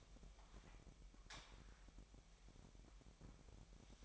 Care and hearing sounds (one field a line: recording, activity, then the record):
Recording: daily activity, microphone in the room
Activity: light on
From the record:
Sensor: 1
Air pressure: 1012.0 hPa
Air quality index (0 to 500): 234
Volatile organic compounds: 6 ppm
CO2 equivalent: 1867 ppm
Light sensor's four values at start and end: 14/33/14/16 and 18/50/20/22